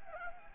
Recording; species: mosquito wingbeat signal from an infrared sensor; Anopheles gambiae